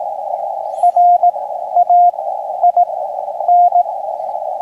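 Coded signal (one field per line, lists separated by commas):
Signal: Morse code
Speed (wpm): 18 wpm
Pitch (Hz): 710 Hz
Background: radio noise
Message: RAIN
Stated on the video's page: Saturday morning Parks on the Air operation on an FDX10 with a 71ft end-fed antenna, manual or automatic tuner.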